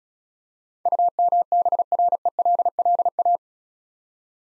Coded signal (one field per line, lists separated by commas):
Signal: Morse code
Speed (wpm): 36 wpm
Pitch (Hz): 700 Hz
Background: none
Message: UMBRELLA